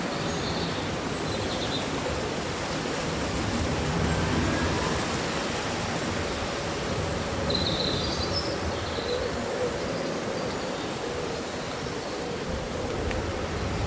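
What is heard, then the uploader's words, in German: Leaves rustle in a steady, dense hiss throughout, while a few faint high bird chirps appear near the start and around eight seconds. Raschelndes Laub und Vogelgesang.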